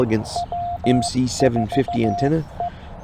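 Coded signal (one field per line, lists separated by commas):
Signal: Morse code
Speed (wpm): 15 wpm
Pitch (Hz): 700 Hz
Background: speech, radio noise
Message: W4E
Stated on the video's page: Parks on the Air CW activation at a state park in Tennessee.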